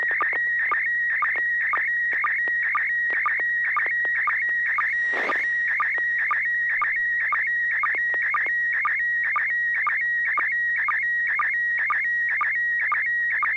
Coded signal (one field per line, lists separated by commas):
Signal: SSTV (slow-scan television)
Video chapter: i got a good copy very few uh paper uh splashes around because of the white background